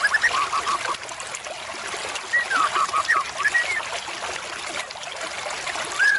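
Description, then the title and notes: White-rumped shama song: scattered clear whistled phrases and short slurred notes, over a steady hiss like running water. Used as a lure call (pikat) for murai batu. "MB Pikat. murai batu"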